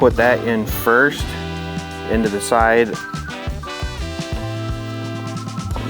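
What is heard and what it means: Someone talks over swing-style music while the tab of a plastic front cap is put into the side of a HOGWORKZ Rushmore Style lower vented fairing on a Harley Touring motorcycle, lining it up before the cap is rotated and snapped home. A brief louder sound comes at about 3.6 s. Nothing has seated or clicked yet.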